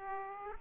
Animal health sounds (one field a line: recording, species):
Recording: mosquito wingbeat signal from an infrared sensor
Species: Aedes aegypti